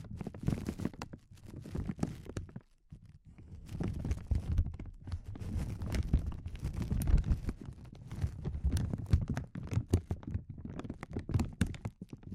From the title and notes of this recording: ASMR Sensitive Crinkles (No Talking).